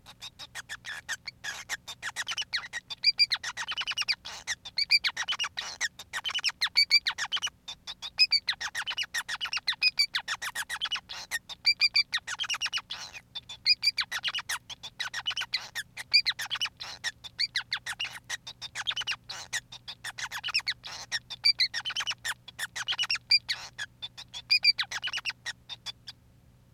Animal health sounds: song of a male Bengalese finch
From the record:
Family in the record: son of father 5

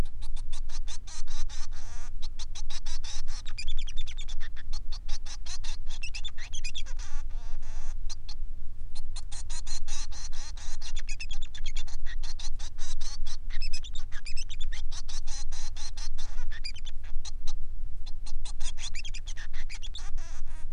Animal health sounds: song of a male Bengalese finch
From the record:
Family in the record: son of father 3

